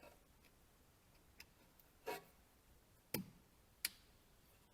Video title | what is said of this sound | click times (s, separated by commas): ML 250 Electronic Parking Brake | clip the wire back on | 3.1 s, 3.9 s